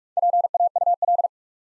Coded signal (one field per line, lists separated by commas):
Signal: Morse code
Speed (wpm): 47 wpm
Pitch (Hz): 700 Hz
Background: none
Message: PAUL